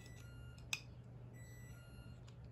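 A part of a USB NVMe SSD enclosure, either the SSD retainer or the cover, is fitted into the case during assembly. A single sharp click at 0.7 s stands out over a steady low hum, with fainter ticks around 0.6 s and 2.3 s. The part snaps into place and is seated.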